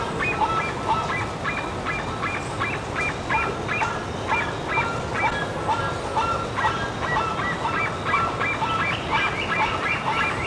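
Bird calls: harsh honking notes in quick, irregular succession over continuous noise.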